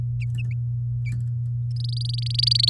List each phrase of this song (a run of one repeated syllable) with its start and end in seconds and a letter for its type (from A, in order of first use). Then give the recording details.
1.76-2.69 A. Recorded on 6 May 2018 at 08:28. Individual llb16